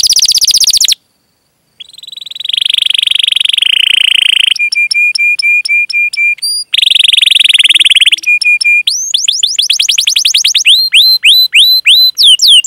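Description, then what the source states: Canary song with a long, varied sequence of rolled trills, crisp clipped chips and falling whistled slurs, broken by one brief pause near the start. Singing energetically (gacor) with elaborate song phrases (cengkok, isian), in the style of Indonesian songbird keeping (kicaumania).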